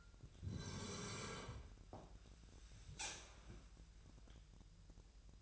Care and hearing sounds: daily activity, microphone in the room; sit down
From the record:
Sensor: 2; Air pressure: 1001.8 hPa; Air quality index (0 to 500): 239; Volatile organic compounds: 72 ppm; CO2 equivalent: 3536 ppm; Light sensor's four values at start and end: 7/17/7/8 and 8/20/8/9

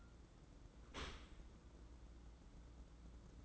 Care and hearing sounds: daily activity, microphone in the room; open dishwasher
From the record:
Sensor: 3

